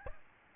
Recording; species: mosquito wingbeat signal from an infrared sensor; Aedes albopictus